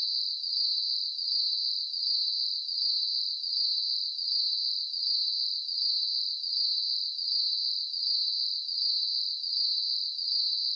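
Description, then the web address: Cricket chirping steadily in high, shimmering pulses, about eighty per minute, a continuous regular trill with no other sounds. Crickets chirping at night. "Sound Effects-Blast Wave SSFX Crickets. ambience crickets chirps night insects bugs surround sound"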